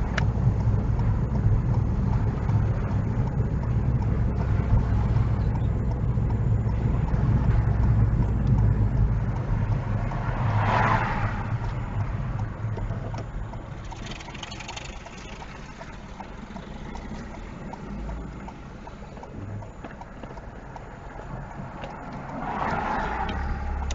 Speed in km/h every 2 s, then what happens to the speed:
21, 19, 19, 18, 13, 8, 0, 0, 0, 0, 0, 5.
0-6 steady at about 19. 6-12 slows to 0. 12-21 standing.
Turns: none.